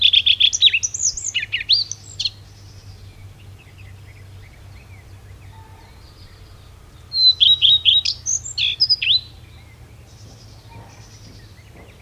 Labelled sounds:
Common Redstart song

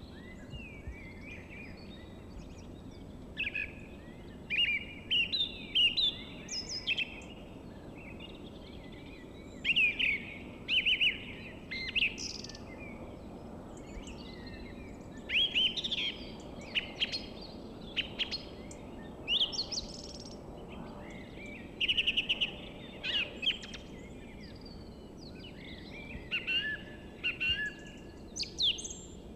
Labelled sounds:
Song Thrush song

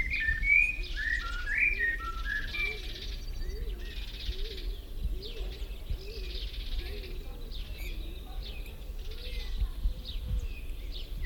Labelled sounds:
Common Blackbird

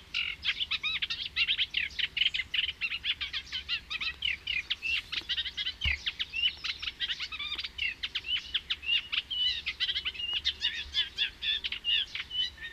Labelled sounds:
Eurasian Reed Warbler song

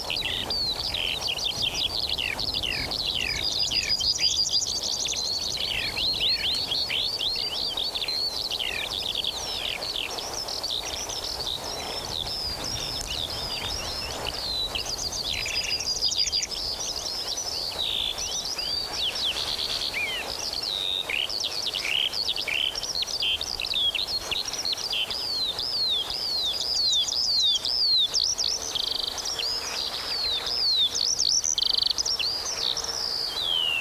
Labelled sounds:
Yellowhammer

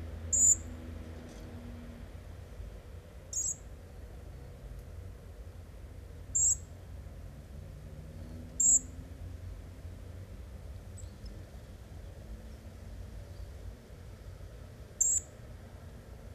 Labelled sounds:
European Robin call

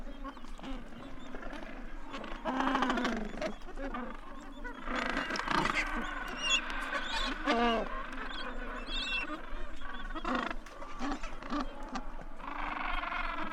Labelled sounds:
Gentoo Penguin call

